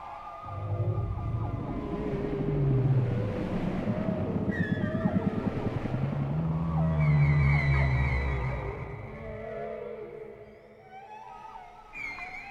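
Whale vocalizations of low groaning moans and rapid pulsed grunts, with high whistled sweeps above.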